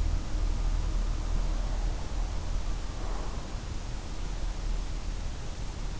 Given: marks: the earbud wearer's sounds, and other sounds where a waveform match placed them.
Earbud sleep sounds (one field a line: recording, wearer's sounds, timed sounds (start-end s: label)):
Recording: sounds in sleep by an in-ear microphone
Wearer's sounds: breath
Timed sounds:
1.33-3.87 s: breath